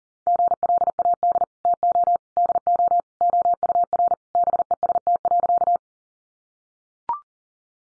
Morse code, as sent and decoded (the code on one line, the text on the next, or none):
--. .-.. .- -.. / - --- / -.. --- / --- ..- .-. / -... . ... - .-.-.-
GLAD TO DO OUR BEST.